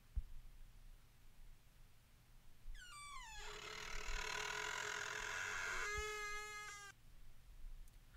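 A heavy wooden house door, knocked on by hand, rattles and clunks from inside, then swings open with a long, loud creak that slides downward in pitch and holds, a dull thud landing near the end as the groan fades.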